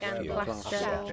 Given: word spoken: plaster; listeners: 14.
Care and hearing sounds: one English word in noise, from a listening test; four-talker babble; -2.2 dB; 2 of 14; 8 of 14; 0.73 s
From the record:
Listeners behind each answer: 8, 2, 1, 1, 1, 1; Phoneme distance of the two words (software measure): 47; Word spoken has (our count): 2 syllables, 6 phonemes, stress on syllable 1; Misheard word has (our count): 2 syllables, 5 phonemes, stress on syllable 1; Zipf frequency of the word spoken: 3.97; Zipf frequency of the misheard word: 4.15

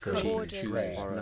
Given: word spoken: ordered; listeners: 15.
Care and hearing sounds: one English word in noise, from a listening test; four-talker babble; -2.5 dB; 2 of 15; 6 of 15; 0.82 s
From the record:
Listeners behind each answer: 6, 2, 2, 2, 2, 1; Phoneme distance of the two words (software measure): 37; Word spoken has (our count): 2 syllables, 4 phonemes, stress on syllable 1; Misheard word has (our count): 1 syllable, 3 phonemes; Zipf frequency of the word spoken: 4.29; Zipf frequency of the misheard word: 5.03

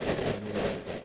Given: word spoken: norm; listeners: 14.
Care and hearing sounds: one English word in noise, from a listening test; noise modulated by three-talker babble; -7.0 dB; 0 of 14; 6 of 14; 0.65 s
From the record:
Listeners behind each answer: 6, 1, 1, 1, 1, 1, 1, 1, 1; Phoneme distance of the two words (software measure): 7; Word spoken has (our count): 1 syllable, 3 phonemes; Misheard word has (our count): 2 syllables, 4 phonemes, stress on syllable 1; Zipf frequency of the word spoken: 3.52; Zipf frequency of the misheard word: 4.91

